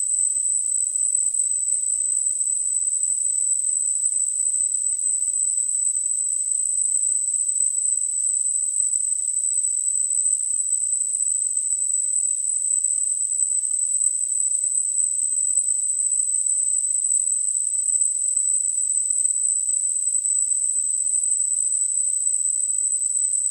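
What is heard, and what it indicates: Simulated tinnitus: a steady, continuous high-pitched tone near 8 kHz with a faint surrounding hiss, unchanging for the whole 24 seconds.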